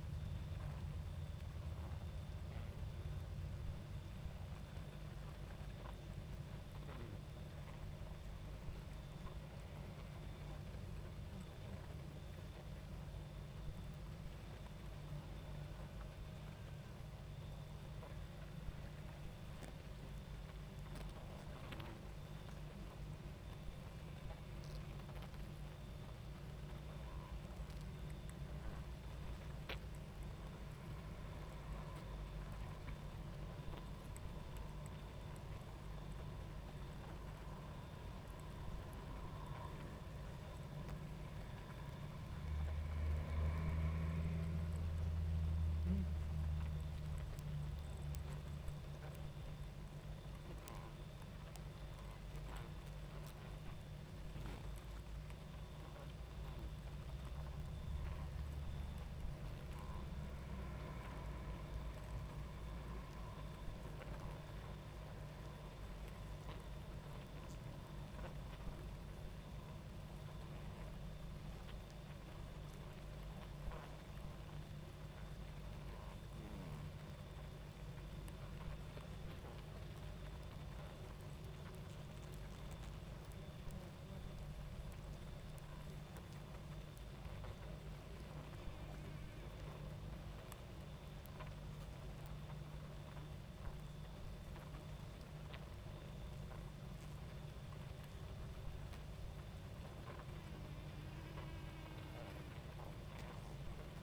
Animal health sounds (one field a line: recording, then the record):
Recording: honeybee colony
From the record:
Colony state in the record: active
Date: 28 July 2017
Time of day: 22:22